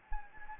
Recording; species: mosquito wingbeat signal from an infrared sensor; Anopheles gambiae